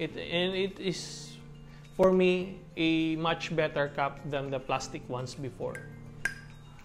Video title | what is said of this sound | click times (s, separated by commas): Creed’s spring fragrance banger that is not Green Irish Tweed!! -- A 2024 perfume review | and it has a nice click to it | 6.2 s